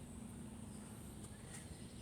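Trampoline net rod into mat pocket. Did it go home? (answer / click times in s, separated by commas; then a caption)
no / none. A trampoline net rod end is being worked into a pocket (sleeve) on the mat, pulled and pushed at the same time. Only a steady low background hum and faint handling noise are heard, with no distinct click. Nothing has seated or clicked yet.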